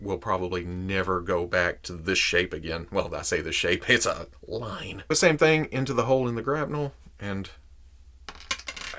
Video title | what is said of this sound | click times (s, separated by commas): MAFEX Batman Hush Medicom DC Comics Action Figure Review | it doesn't lock in there but most of the time | none